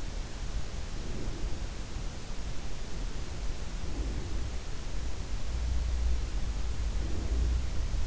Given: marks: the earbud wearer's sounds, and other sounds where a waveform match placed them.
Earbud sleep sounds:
sounds in sleep by an in-ear microphone; breath
0.76-1.68 s: breath
3.68-4.72 s: breath
6.87-7.87 s: breath

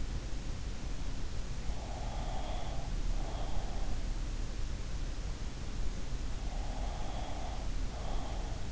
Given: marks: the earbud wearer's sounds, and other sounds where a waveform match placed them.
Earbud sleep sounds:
sounds in sleep by an in-ear microphone; breath
1.65-4.10 s: breath
6.46-8.72 s: breath

